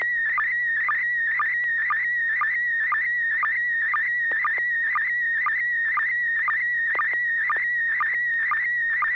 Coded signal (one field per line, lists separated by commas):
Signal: SSTV (slow-scan television)